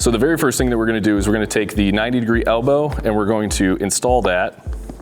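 Someone talks while handling a 90-degree plastic hose elbow fitting meant to be pushed into a hydration reservoir port. The fitting has not seated or clicked yet, and only faint handling sounds appear near the end, around 4.9 s and 5.0 s.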